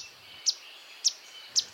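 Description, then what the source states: Swainson's warbler alarm call: three sharp, high, single chips spaced about half a second apart over steady background hiss. Alarm given as the birds scurry away when humans invade their shadowy habitat.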